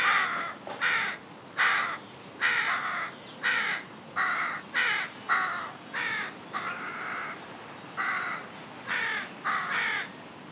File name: Corvus corone